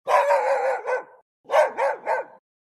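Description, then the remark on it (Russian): A dog barks loudly nearby, starting with one long, drawn-out, strained bark and then three short, sharp barks in quick succession, with no other sounds. “Собака! Она лает где-то совсем рядом.”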